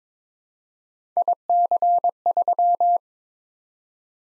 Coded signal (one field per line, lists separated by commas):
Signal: Morse code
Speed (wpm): 22 wpm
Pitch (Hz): 700 Hz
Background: none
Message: IC3